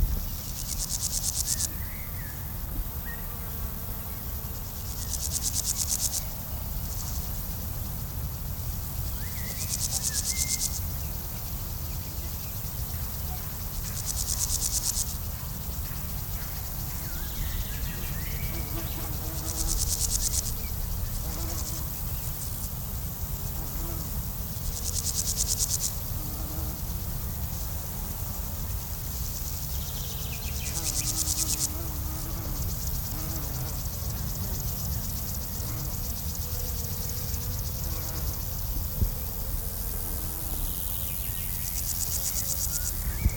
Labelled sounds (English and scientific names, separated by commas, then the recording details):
Roesel's Bush-cricket (Metrioptera roeselii) stridulation
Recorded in the wild
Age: imago
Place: Blankenfelde, Tegeler Fließ, Berlin, DE
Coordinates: 52.604, 13.4
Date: 1993-07-10
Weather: 24 °C, sonnig-heiter
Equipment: Marantz CP 430, Sennheiser ME 80, Kopie Uher Variocord 263
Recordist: Tembrock, Günter